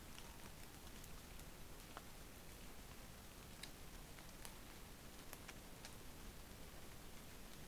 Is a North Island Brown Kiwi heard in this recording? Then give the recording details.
no. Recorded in New Zealand on 20 November 2013. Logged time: 22:29. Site CH69